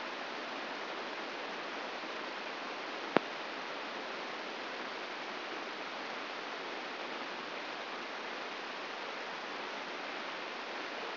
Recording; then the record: brain microelectrode recording played as sound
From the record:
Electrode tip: inside the subthalamic nucleus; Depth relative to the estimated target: 2 mm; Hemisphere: right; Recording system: AlphaMap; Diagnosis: Parkinson's disease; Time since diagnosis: 15 years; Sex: female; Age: 68 years